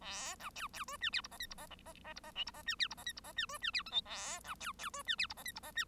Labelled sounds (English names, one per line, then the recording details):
Bengalese Finch song
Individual Bird1